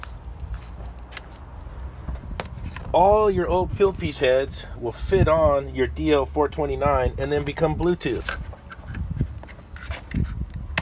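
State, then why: Seated. An older Fieldpiece plug-in measurement head is pushed into the accessory port on top of a DL429 digital multimeter while someone talks. Light taps and handling noises come before and after the talking, and a loud, sharp click at 10.8 s marks the head snapping in and seating.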